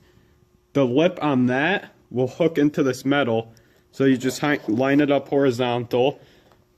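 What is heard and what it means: A plastic push-pin retaining clip for the hood insulation on a Toyota Supra is lined up horizontally so its lip hooks into a hole in the metal hood frame, while someone talks throughout. The clip has not been pushed in yet, and nothing has seated or clicked.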